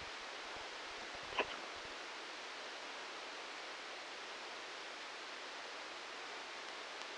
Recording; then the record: brain microelectrode recording played as sound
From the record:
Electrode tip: outside the subthalamic nucleus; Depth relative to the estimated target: -8 mm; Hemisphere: left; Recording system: NeuroSet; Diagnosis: Parkinson's disease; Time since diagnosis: 13 years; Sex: male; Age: 66 years